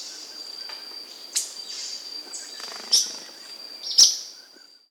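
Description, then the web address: Fulvous-breasted flatbill uttering three thin, sharp, high-pitched chips spaced apart, with a continuous shrill insect tone running underneath. Andean bird of South America. "S America Andean Birds. Fulvous-Breasted Flatbill (Rhynchocyclus Fulvipectus)"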